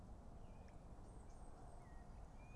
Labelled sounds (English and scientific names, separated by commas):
Eurasian Blue Tit (Cyanistes caeruleus)